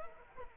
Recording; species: mosquito wingbeat signal from an infrared sensor; Anopheles arabiensis